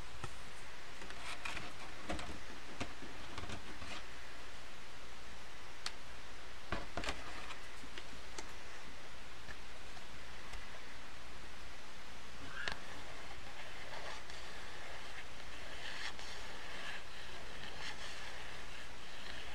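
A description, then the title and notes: Cards are tapped and shuffled, with sharp clicks near 1–3 and 6–8 seconds over a steady, hissy riffling texture throughout. Card shuffling, tapping, tuk tuk noises, riffling.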